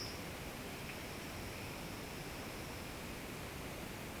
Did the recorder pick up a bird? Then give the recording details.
no. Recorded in secondary vegetation near Puerto Asís, Putumayo, Colombia, on 18 February 2024 at 10:30. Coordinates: 0.472, -76.331. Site G6371